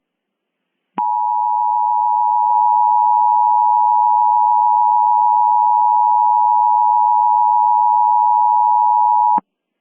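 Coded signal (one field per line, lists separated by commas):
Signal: Emergency Alert System (SAME) tones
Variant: 853 and 960 Hz attention tone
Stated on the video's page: Mock EAS scenario, fictional alert containing valid SAME tones.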